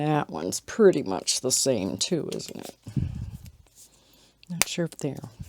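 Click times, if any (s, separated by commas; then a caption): none. Someone talks while pushing a plastic cap back onto a dual-tip, water-based ZCSM dual brush marker from a 160-marker set after swatching, wanting to hear it snap so the cap is known to be on tight. Faint, short handling sounds fall in a pause mid-sentence around 3.5 seconds. The clip ends before the cap goes home, and nothing has snapped or seated yet.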